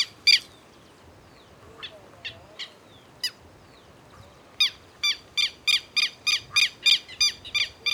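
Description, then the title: Black-crested warbler with a few scattered harsh notes, then a sustained run of loud, sharp chip notes repeated about three per second. "Myiothlypis Nigrocristata"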